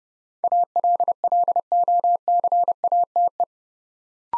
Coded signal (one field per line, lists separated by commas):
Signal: Morse code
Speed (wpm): 28 wpm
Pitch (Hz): 700 Hz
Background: none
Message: ALLOCATE